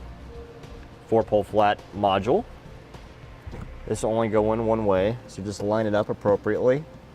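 Someone talks while lining up the plastic plug of a Hopkins 4-pole flat trailer wiring module with the blue tail light harness connector behind a rear panel of a 2017 Acura RDX, ready to push it in. The plug fits only one way. Nothing has seated or clicked yet.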